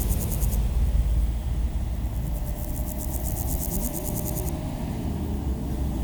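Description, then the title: Grasshopper stridulating in fast, evenly pulsed high buzzy bursts, one brief then a longer run, over a constant low rumble of road traffic. Road D633, Aveize, France; grasshoppers heard with passing cars; Sony PCM-M10, Luhd AB microphone position. "D633, Aveize, France - Sauterelles - Grasshoppers"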